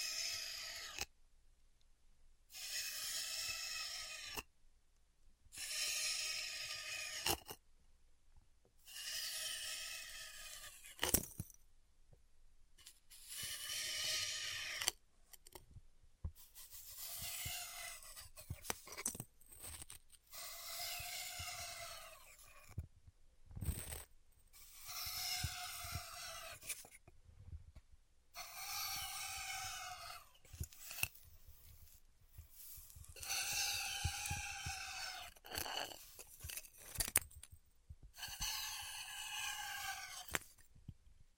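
Styrofoam being heat cut, heard as a series of rasping, scraping strokes, each lasting one to three seconds with short silent gaps between them. The strokes are bright and hissy with a faint wavering tone, and small clicks and taps fall between passes.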